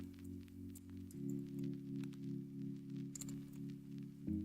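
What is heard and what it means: A 3D printed mod part is pressed with pliers into a 3D printer frame assembly to make sure it is fully seated, over a steady low hum that shifts pitch around 1.1 s and again near 4.3 s. A sharp click is heard at 3.2 s, and the printed part is confirmed pressed fully home.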